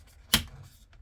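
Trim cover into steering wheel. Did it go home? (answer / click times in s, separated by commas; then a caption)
yes / 0.3 s. A trim cover is pressed into a carbon steering wheel during its install on a BMW M4 F82. A single sharp, loud broadband click sounds at 0.3 s against a quiet background, and the cover seats in the wheel.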